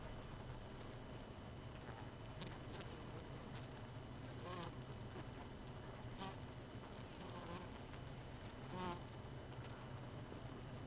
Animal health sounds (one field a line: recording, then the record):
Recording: honeybee colony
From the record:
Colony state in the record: missing queen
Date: 31 May 2018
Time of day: 2:30